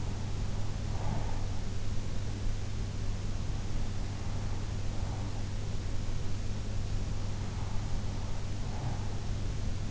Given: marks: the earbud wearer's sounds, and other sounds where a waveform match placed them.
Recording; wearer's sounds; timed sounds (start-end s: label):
sounds in sleep by an in-ear microphone; breath
0.00-1.59 s: breath